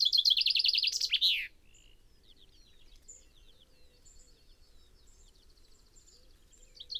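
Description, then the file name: Common chaffinch song phrase at the start, a brisk descending rattle with flourish, followed by faint chirps. "Fringilla coelebs"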